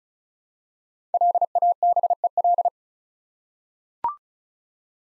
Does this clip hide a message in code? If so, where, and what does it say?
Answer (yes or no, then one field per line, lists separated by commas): yes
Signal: Morse code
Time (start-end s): 1.1-2.7 s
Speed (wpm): 36 wpm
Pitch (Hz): 700 Hz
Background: none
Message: LABEL